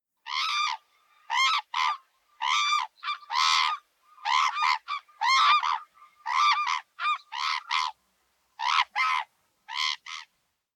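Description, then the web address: Hooded crane calls: loud, harmonic honking notes in short bursts, often paired, repeating at an uneven pace through the recording against a quiet background. "nabeduru"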